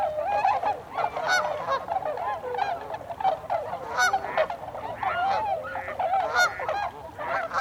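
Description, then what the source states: Tundra swans in chorus, a busy mix of short yelping honks and longer wavering notes, a few louder calls standing out. Tundra swans, 26 December 2020.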